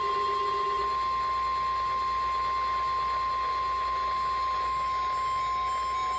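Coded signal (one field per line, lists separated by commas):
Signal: Emergency Alert System (SAME) tones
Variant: 1050 Hz attention tone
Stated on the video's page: Alerts received from two NOAA Weather Radio stations.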